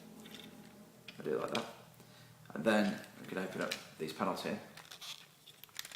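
Someone talks while opening up the plastic panels on a Transformers Generations Hotspot robot toy during its transformation, with faint plastic handling noises between the words. The panels are handled but nothing has clicked into place yet.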